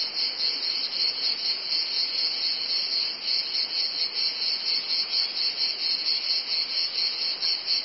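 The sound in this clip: Cicadas making a dense, unbroken high drone that pulses gently in loudness throughout.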